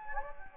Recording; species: mosquito wingbeat signal from an infrared sensor; Anopheles gambiae